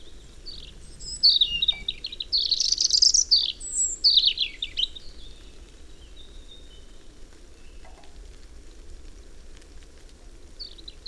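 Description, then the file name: European robin singing a sweet, varied warble of high whistles and slurred notes for about four seconds, then quiet hum with a faint chirp near the end. "Erithacus rubecula"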